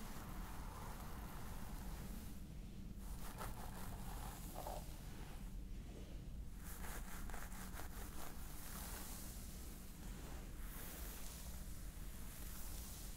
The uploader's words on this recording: Stress Relieving Scalp Massage ASMR.